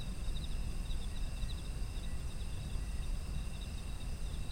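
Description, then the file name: Insects giving scattered short pulsed chirps over steady high insect drones and a low, rumbling background noise. Ambient sound of autumn insects. "秋の虫の環境音"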